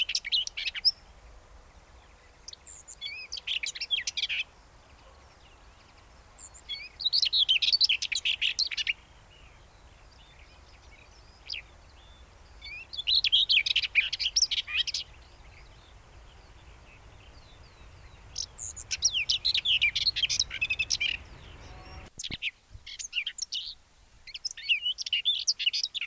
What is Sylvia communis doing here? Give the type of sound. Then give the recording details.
song. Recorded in the wild. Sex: male. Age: adult. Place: Hallstadt, Bayern, DE. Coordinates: 49.9272, 10.8808. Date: 1963-04-27. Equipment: Nagra, AKG D19/200, Original, Vollspur. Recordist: Tretzel, Erwin